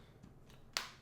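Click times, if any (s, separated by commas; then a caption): 0.8 s. Another corner of a thin plastic Phone Rebel Frosted Flex case is pressed over the edge of an iPhone 16 Pro Max. After a quiet lead-in with a faint soft tick near 0.5 s, a single sharp, bright click rings out at 0.8 s and fades quickly. The corner seats with a good click and is confirmed on.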